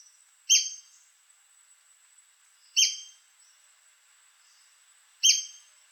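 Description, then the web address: White-crested spadebill giving three sharp, explosive single notes, spaced about two to two and a half seconds apart, with a faint steady high hiss. "White crested spadebill. پرنده-بیلچه-نوک-کاکل-سفید"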